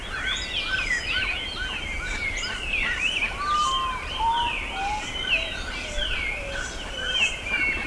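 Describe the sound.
Birds chorusing with many overlapping high chirps and sweeping whistles, plus lower pure whistled notes that drop in pitch, over steady background hiss.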